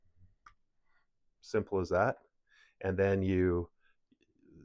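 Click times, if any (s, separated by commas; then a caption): 0.5 s. A plastic bottom cap is pulled off an auto-injector pen, giving a small tick at 0.5 s as it comes free. Someone then talks briefly.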